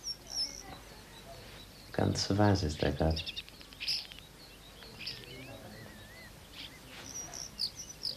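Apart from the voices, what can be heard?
starlings chirping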